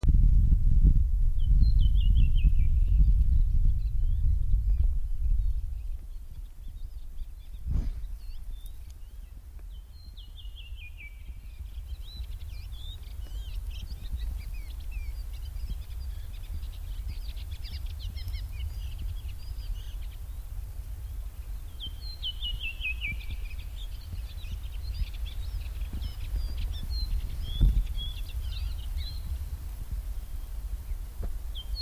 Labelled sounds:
Redwing (Turdus iliacus) song
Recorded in the wild
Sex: male
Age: adult
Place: Halbinsel Kindo, Karelien, RU
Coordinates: 66.5439, 33.1406
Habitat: taiga
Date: 1990-07-02 22:17
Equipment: Uher 4000 Report Monitor, Sennheiser MKH 416 T
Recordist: Frommolt, Karl-Heinz

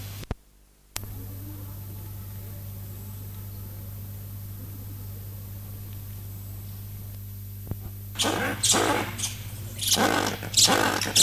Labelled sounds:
Red Ruffed Lemur (Varecia rubra) call
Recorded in captivity
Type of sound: call sequence
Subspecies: rubra
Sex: male
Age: adult
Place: Tierpark Berlin, Berlin, DE
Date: 2005-08-12 17:25
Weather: 16°C
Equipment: Sony WM-D6C, Sennheiser ME 80, Kopie Uher 4000 Report Monitor
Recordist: Tembrock, Günter
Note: V.v.rubra: Männchen: Rufreihen, in Freianlage

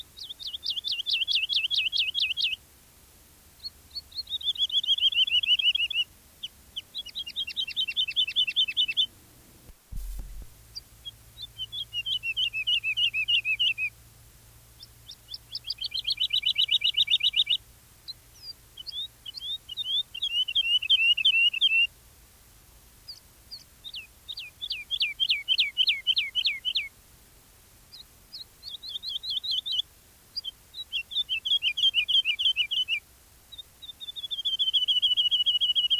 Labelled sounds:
Wood Lark (Lullula arborea)
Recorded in the wild
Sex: male
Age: adult
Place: Erlangen, Bayern, DE
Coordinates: 49.6028, 10.9819
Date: 1963-03-30
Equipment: Nagra, AKG D19/200, Original, Vollspur
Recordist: Tretzel, Erwin
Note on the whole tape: Möhrendorfer Straße: Heidelerche A (Fassung 19): Rufe und Gesang

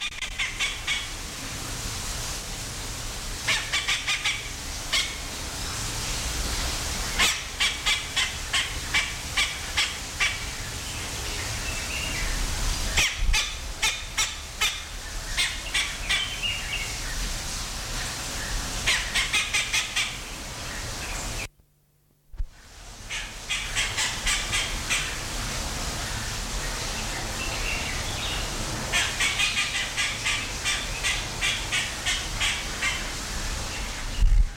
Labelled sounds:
Yellow-rumped Cacique (Cacicus cela) call, Blue-winged Kookaburra (Dacelo leachii)
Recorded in captivity
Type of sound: call, call sequence
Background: Dacelo leachii
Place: Zoo Berlin, Berlin, DE
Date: 1993-01-16
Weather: heiter, 10-13°C
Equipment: Marantz CP 430, Sennheiser ME 80, Kopie Uher Variocord 263
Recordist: Tembrock, Günter
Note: Lautfolgen (ca. 8 m)

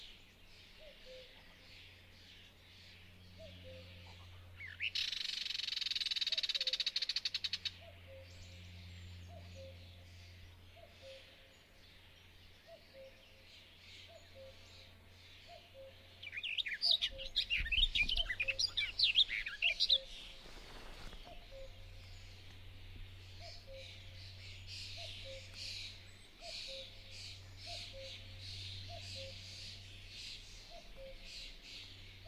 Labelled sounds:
Barred Warbler (Sylvia nisoria)
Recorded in the wild
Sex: male
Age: adult
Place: Hobrechtsfelder Rieselfelder, Naturpark Barnim, Berlin, DE
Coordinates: 52.6667, 13.4706
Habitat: open landscape
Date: 2012-05-28 08:11
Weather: 20°C, sunny, almost windless
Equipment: Sound Devices 702, Sennheiser MKH 70, Rycote Windschutz
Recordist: Frommolt, Karl-Heinz

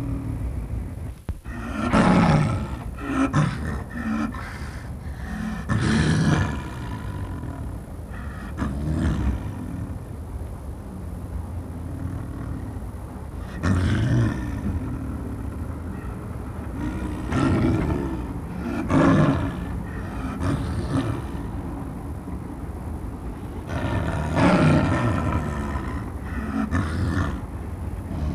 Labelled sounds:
Snow Leopard (Uncia uncia) call
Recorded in captivity
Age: adult
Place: Tierpark Berlin, Berlin, DE
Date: 1962-11-06 17:30
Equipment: Minifon, Kopie Smaragd
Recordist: Tembrock, Günter
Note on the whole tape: Laute gegen Beobachter, dabei z.T. halbe Seitenlage, Intentionen zum Pfotenschlagen. Abstand 2 m

